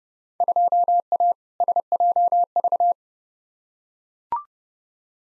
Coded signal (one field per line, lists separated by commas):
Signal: Morse code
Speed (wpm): 30 wpm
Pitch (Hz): 700 Hz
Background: none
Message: 2A SJV